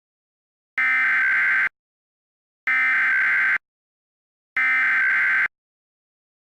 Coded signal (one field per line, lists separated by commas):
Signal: Emergency Alert System (SAME) tones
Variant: header bursts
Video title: National Severe Thunderstorm EAS Scenario Part 1